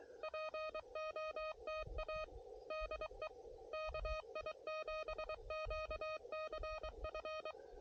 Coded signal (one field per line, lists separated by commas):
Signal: Morse code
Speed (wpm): 22 wpm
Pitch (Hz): 620 Hz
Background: none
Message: POTA DE KI7QCF